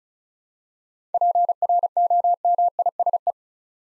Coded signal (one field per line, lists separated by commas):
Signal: Morse code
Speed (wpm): 36 wpm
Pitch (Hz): 700 Hz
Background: none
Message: PROMISE